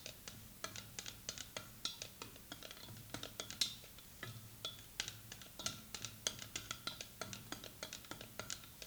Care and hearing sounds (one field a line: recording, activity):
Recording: daily activity, guitar pickup as the sensor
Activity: fry